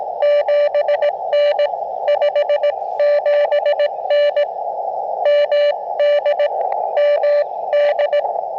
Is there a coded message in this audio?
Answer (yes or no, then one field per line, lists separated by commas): yes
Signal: Morse code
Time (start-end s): 0.2-8.2 s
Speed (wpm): 20 wpm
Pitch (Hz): 590 Hz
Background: none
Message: 7N 57N MD MD